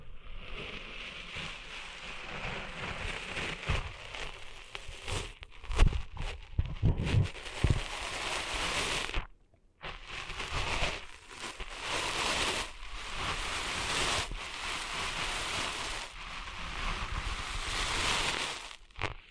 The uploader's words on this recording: ASMR Cleaning Sand Out of Your Ears (No Talking).